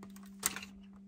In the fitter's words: on them like that, this snaps into place.